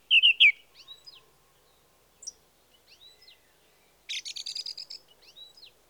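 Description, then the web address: Song thrush song with a loud repeated note at the start, then quieter varied twitters and a burst of scratchy, rattling notes. "BBC Sound Effects Library. Song Thrush (Turdus Philomelos)"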